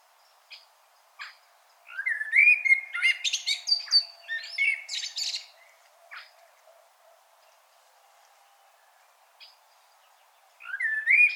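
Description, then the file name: Common blackbird song: a low fluted warble rising into squeaky high twitters, with a second phrase starting near the end; short chips between phrases. "Turdus merula"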